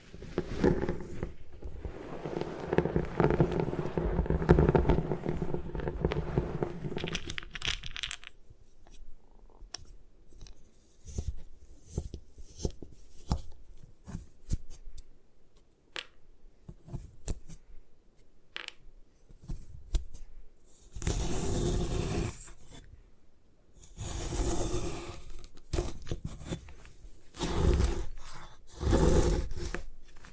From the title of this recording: Satisfying Ways to Destroy Gym Chalk